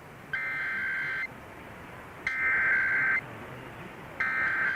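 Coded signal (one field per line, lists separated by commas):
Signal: Emergency Alert System (SAME) tones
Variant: header bursts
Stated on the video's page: Ohio Required Monthly Test originated by state emergency management and relayed to all Ohio radio and TV stations, received on SPARC and Sangean radios.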